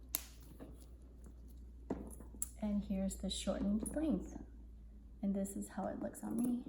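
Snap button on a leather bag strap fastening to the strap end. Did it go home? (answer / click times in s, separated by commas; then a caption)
yes / 0.1 s. A snap button on the leather strap of a Louis Vuitton Damier Azur Neonoe Eau de Rose bag is pressed closed onto the strap end after the strap is adjusted on the other side of the bag. A loud, sharp snap sounds at 0.2 s as the button seats, followed by a few quieter handling ticks. Someone then talks.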